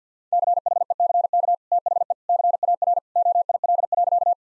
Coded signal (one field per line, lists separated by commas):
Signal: Morse code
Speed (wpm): 50 wpm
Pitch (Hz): 700 Hz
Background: none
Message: CHECK THE CAR OIL.